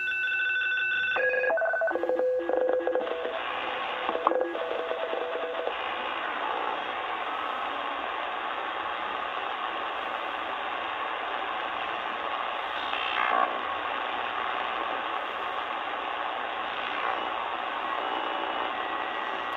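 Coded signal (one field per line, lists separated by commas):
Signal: HF data modem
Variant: STANAG 4285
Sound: quick chirpy tuning tones, then a continuous even rushing data hiss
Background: radio static, tuning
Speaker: you hear this signal, it's the US Navy.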